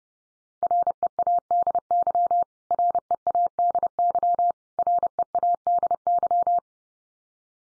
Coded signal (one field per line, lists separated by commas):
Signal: Morse code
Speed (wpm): 30 wpm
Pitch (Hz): 700 Hz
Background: none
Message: READY READY READY